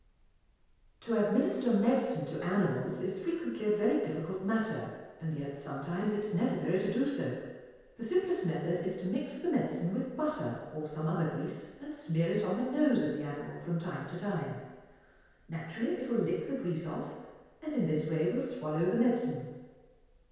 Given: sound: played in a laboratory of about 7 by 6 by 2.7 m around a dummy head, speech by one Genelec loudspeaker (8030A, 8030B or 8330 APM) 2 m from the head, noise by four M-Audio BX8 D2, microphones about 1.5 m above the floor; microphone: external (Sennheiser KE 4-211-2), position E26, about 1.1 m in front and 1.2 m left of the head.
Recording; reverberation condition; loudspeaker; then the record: female speech in English; high; 90 degrees to the right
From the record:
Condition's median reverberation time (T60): about 1300 ms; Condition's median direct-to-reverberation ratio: about -4.0 dB